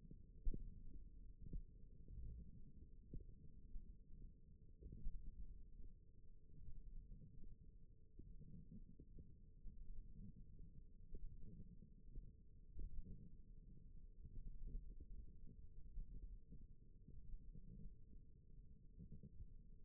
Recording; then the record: forearm muscle sounds (acoustic myography)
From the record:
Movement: index flexion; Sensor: system 1, eight BSWA MPA416 microphones around the upper forearm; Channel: 1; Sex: female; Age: 21 years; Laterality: right